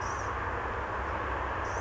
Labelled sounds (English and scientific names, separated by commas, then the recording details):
Blue-gray Gnatcatcher (Polioptila caerulea)
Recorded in Sonoma County, California